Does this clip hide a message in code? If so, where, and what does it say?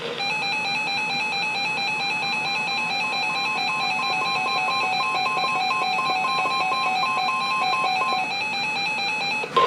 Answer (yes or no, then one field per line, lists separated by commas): no